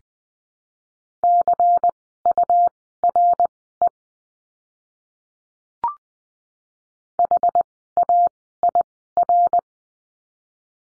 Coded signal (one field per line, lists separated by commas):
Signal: Morse code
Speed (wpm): 20 wpm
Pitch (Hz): 700 Hz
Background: none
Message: CURE HAIR